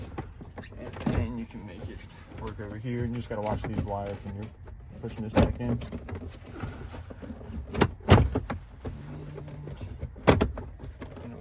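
Someone talks while pushing a plastic lower dash trim panel back into place around the e-brake of a Toyota T-100 pickup, minding the wires, during a heater core replacement. Sharp plastic clicks are heard at 7.8 s and 10.4 s as the panel clips seat into place.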